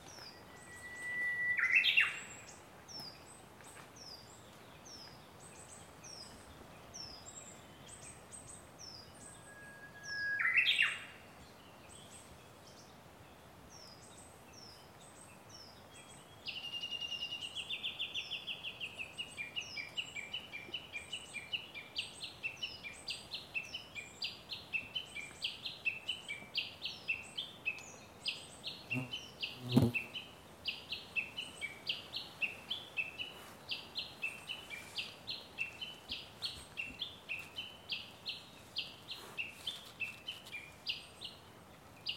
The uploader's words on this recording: 160623 Japanese nightingales in Odaigahara. 観察路帰り道、明るくなった辺りで鴬の声が一斉に。透き通る響き。